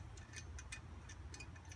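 A large Silky Katanaboy 650 folding saw, with a 600 mm blade and teeth about 3/4 inch long, is handled as its blade swings open toward the lock in its handle. Light ticking rattles sound over a low steady rumble, with the sharpest at about 0.7 s. Nothing has locked or clicked into place yet.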